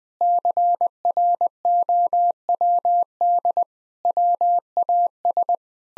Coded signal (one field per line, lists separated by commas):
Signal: Morse code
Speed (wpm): 21 wpm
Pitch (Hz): 700 Hz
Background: none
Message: CROWD WAS